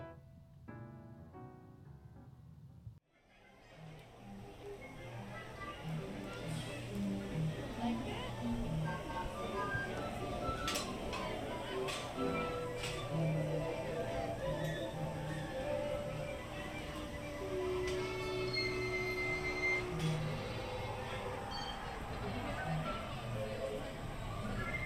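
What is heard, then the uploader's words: Busy ambience in an amusement park ride area: a short spoken announcement in the first three seconds, then a sudden cut into a dense, steady wash of crowd chatter, whirring ride machinery and faint music. Occasional clanks and bright tones rise through the mix. Alice in Wonderland Corner, Disneyland Park Binaural Recording. Alice in Wonderland corner in Fantasyland at Disneyland Park. The sounds/ambience found on both the Mad Tea Party and Alice in Wonderland attractions.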